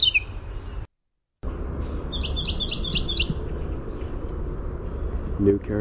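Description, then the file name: Carolina wren song, a short fairly faint run of about four quick repeated rolling phrases, over a steady high whine and low background rumble with a brief dropout. "CARW song"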